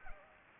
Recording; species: mosquito wingbeat signal from an infrared sensor; Anopheles arabiensis